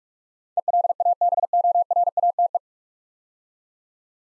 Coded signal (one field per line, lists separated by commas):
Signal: Morse code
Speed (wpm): 44 wpm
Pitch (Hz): 700 Hz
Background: none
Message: ELABORATE